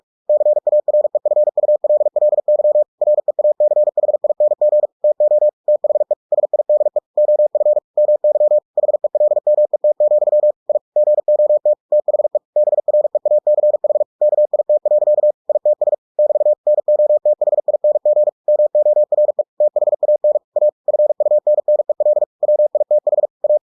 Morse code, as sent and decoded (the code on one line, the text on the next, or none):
-.-. .- .-. . ..-. ..- .-.. .-.. -.-- / .-. . .- -.-. .... .. -. --. / - --- / - .... . / ... .. -.. . / --- ..-. / -- -.-- / .... . .-.. -- . - --..-- / .. / --. --- - / - .... . / -... .-. . .- -.-. .... / -.- .. - .-.-.- / .. - ... / -...- / -. --- - .... .. -. --. / -- --- .-. . / - .... .- -. / .- / ..-. ..- -. -. . .-.. / .-- .. - .... / .-
CAREFULLY REACHING TO THE SIDE OF MY HELMET, I GOT THE BREACH KIT. ITS <BT> NOTHING MORE THAN A FUNNEL WITH A